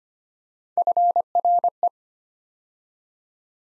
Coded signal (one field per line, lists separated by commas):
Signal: Morse code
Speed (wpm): 25 wpm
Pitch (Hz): 700 Hz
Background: none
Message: FRE